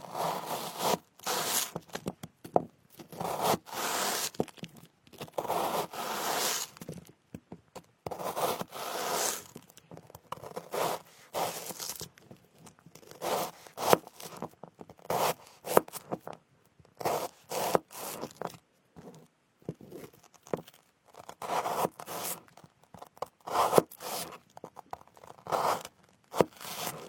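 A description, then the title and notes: Cutting fruit and picking at ears: quick rasping scrapes and crunchy tearing strokes come in short, irregular bursts, some clustered into rapid runs, others isolated. Brief near-silent gaps separate the bursts throughout, and the sounds are bright and hissy with little low end. Cutting fruits and picking ears.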